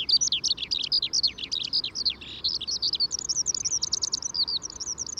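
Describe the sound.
Eurasian skylark song of quick high chirps and slurred notes, a busy jumbled stretch followed by a brighter run of evenly spaced chirps.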